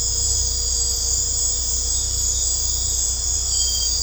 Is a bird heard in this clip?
no